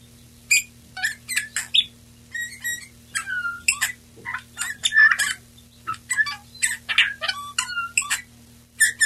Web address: Male Pyrrhula pyrrhula. pyrrhula 23 03 92